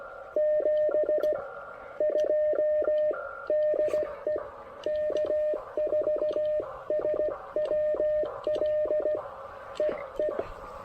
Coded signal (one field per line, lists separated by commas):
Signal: Morse code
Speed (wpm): 16 wpm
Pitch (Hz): 600 Hz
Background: radio noise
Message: 7 2 DE K4SWL EE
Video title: QRP P2P DX! Pairing the Elecraft K2 with the AX1 for a little portable antenna POTA!